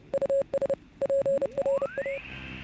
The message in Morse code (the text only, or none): US PRA